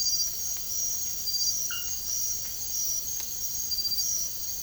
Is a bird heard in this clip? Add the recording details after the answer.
no. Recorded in secondary vegetation near Puerto Asís, Putumayo, Colombia, on 24 March 2025 at 01:00. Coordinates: 0.489, -76.322. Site G042